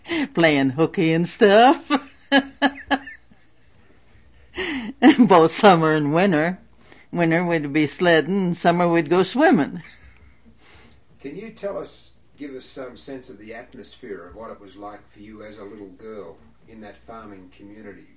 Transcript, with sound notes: playing hooky and stuff. (She laughs.) Both summer and winter. Winter we'd be sledding, and summer we'd go swimming.
Can you tell us, give us some sense of the atmosphere, of what it was like for you as a little girl in that farming community.